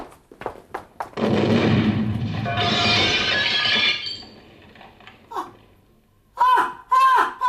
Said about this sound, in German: Kreischen erschreckte mich mehr als die Bombe.